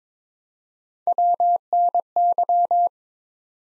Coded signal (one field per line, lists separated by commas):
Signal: Morse code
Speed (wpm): 21 wpm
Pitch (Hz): 700 Hz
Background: none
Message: WNY